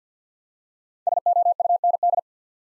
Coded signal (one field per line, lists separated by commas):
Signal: Morse code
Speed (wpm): 50 wpm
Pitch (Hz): 700 Hz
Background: none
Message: SOUND